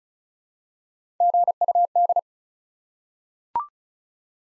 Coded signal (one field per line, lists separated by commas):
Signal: Morse code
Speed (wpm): 36 wpm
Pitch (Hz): 700 Hz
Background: none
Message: GUD